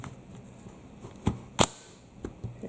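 A handgun is pushed into a polymer carbine conversion chassis. A softer knock sounds at about 1.3 s, then a sharp, loud click at 1.6 s as the pistol snaps into place. A few faint ticks follow, and the pistol is seated in the conversion kit.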